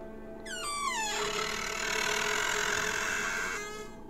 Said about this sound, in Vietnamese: Tiếng bản lề khẽ kêu lên ken két đến rợn người.